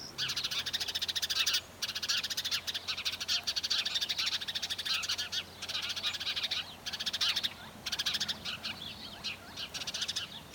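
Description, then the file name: House sparrows chirping in a dense, continuous chatter of many overlapping short chirps, briefly pausing a few times before resuming. "Passer domesticus"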